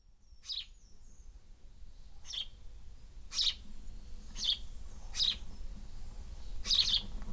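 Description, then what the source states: Swallow calls: six piercing chirps at irregular intervals over a low steady hum. Nest in an air vent.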